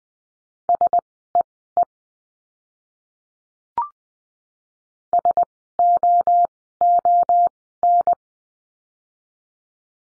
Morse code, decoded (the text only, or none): SEE SOON